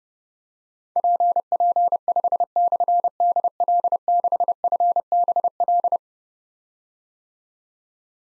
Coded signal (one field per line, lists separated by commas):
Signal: Morse code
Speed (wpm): 30 wpm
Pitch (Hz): 700 Hz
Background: none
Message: PP5/DL6FBL